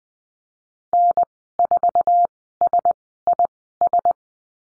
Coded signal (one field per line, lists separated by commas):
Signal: Morse code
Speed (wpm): 20 wpm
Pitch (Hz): 700 Hz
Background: none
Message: N4SIS